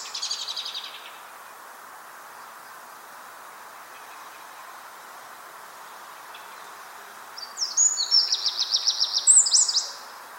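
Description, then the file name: Eurasian wren: a short high burst at the start, several quiet seconds, then a loud, rapid high trill with shrill flourishes that stops shortly before the end, over constant hiss. "Troglodytes troglodytes"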